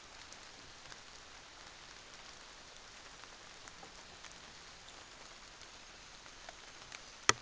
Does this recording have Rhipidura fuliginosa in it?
no